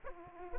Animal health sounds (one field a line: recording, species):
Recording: mosquito wingbeat signal from an infrared sensor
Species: Aedes aegypti